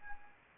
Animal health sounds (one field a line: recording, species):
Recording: mosquito wingbeat signal from an infrared sensor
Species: Anopheles arabiensis